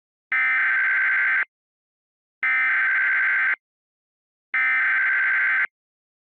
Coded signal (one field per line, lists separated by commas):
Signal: Emergency Alert System (SAME) tones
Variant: header bursts